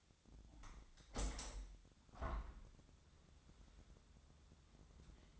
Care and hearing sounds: daily activity, microphone in the room; open window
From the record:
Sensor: 3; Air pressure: 1006.5 hPa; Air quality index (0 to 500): 200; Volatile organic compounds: 16 ppm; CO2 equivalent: 2540 ppm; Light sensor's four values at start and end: 10/23/9/9 and 10/24/10/10

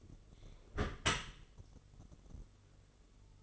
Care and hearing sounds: daily activity, microphone in the room; close dishwasher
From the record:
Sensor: 4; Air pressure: 1015.8 hPa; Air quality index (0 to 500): 110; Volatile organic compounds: 2 ppm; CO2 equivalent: 1236 ppm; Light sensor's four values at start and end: 8/18/7/7 and 8/18/7/7

